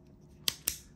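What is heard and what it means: An action camera, a DJI Osmo Action 4, is released from its magnetic quick-release mount by pressing the two small levers and pulling it off. Two sharp, bright clicks sound at 0.5 s and 0.7 s against a quiet background, and the camera comes free of the mount.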